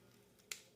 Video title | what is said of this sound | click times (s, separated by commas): Transformers Studio Series 05 Voyager Class ROTF Optimus Prime | that locks into place. | 0.5 s